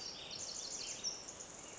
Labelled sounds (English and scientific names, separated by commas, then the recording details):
Pacific Wren (Troglodytes pacificus)
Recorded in Sonoma County, California